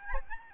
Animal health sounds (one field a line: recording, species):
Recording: mosquito wingbeat signal from an infrared sensor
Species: Aedes albopictus